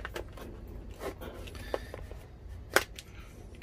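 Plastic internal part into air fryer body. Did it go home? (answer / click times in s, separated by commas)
yes / 2.8 s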